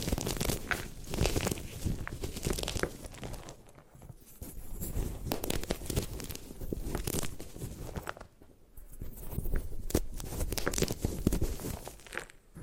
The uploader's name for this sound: Satisfying Ways to Destroy Gym Chalk